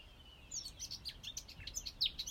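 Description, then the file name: Eurasian blackcap warbling song, a quick jumble of high chirps and twitters starting after a quiet half second, over faint low background rumble. "Sylvia atricapilla"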